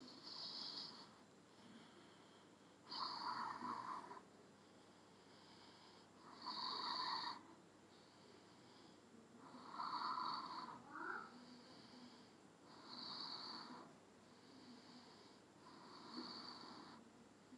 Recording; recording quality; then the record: deep breathing; excellent, no background noise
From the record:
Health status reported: recovered from COVID-19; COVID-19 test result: positive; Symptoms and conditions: cold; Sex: female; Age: 42 years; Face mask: not worn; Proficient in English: yes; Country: India